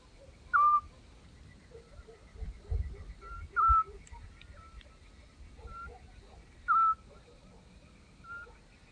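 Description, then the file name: Eurasian scops owl giving short, clear whistled hoots, one every three seconds, with fainter whistles between them over a low background hum. "Assiolo"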